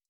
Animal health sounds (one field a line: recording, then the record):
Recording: hydrophone in a shrimp aquaculture tank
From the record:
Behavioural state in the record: stressed